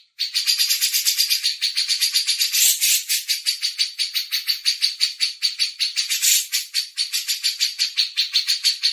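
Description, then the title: Grey-cheeked bulbul with an unbroken run of rapid, rasping pulses, evenly repeated for the whole stretch, with two brief louder bursts. Master recording for training cage birds. "MASTERAN CUCAK JENGGOT"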